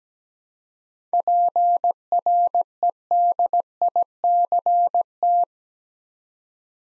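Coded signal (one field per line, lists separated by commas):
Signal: Morse code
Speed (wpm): 17 wpm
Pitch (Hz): 700 Hz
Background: none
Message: PREDICT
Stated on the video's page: Morse practice at 17 wpm: seven-letter words sent twice for head-copy drill.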